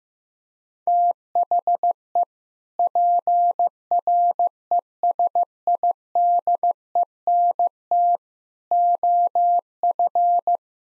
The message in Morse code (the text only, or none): THE PRESIDENT OF